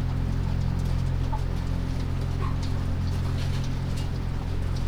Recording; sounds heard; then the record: poultry house recording; sick chickens (respiratory disease)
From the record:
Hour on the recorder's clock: 1